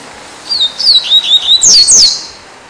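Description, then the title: Double-collared Seedeater singing a rapid run of thin, high warbled notes that ends with two loud downslurred whistles. "Canto Coleiro"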